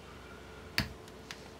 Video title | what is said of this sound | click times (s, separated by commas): Dell XPS 13 (9350) - Battery, SSD and WiFi Replacement Guide | we should hear it gently click into place | 0.8 s